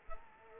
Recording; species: mosquito wingbeat signal from an infrared sensor; Culex quinquefasciatus